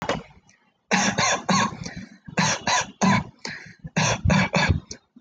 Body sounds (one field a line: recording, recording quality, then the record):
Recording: shallow voluntary cough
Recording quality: excellent, no background noise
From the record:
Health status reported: healthy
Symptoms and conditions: none ticked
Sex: male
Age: 20 years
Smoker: not ticked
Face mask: worn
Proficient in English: yes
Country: India